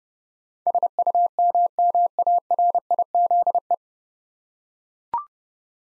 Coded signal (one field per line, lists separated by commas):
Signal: Morse code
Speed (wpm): 30 wpm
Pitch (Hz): 700 Hz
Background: none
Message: SUMMARIZE